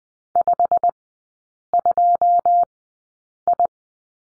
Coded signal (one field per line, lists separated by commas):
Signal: Morse code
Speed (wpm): 20 wpm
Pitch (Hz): 700 Hz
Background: none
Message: 52I